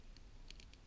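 A plastic Spider-Man action figure head is being pushed onto the ball joint of its neck, with light patter-like handling sounds and small sharp ticks near 0.5 s and 0.6 s. Nothing has seated or clicked yet.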